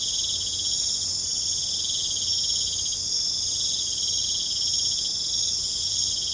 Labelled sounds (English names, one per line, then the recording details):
none
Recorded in secondary vegetation near Puerto Asís, Putumayo, Colombia, on 26 December 2024 at 21:00
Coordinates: 0.499, -76.323
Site G010